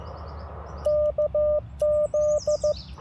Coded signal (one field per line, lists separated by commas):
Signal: Morse code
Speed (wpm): 15 wpm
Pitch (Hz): 590 Hz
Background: none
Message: KZ